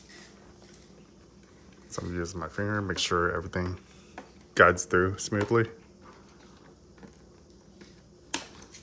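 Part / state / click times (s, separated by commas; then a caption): plastic vacuum component into the vacuum housing / seated / 8.3 s. Someone talks while guiding a plastic component, a hose with its small O-ring and rubber gasket lined up, by finger into the housing of a Dyson DC40 Ball Animal vacuum during reassembly after unclogging it. After quiet handling noises, a sharp plastic click at 8.3 s shows the part has seated in place.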